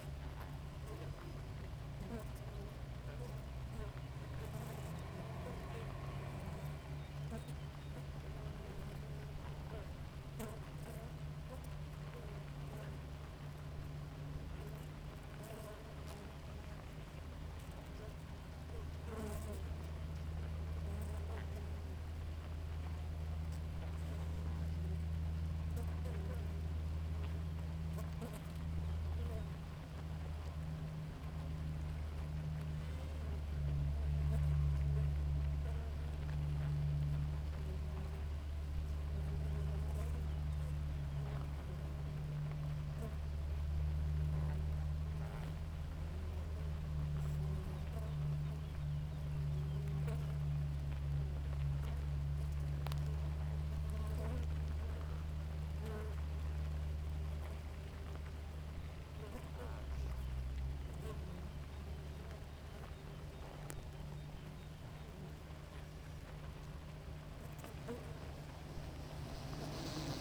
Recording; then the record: honeybee colony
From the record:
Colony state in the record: active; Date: 28 July 2017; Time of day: 4:53